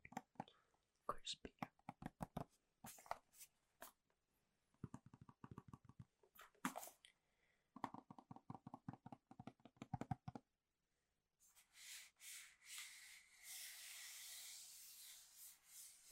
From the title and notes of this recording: Gentle/Fast tapping on all things Apple. You'll hear me tapping HomePod mini, Magic Keyboards, different MacBooks, awesome product boxes and cases that make amazing sounds etc.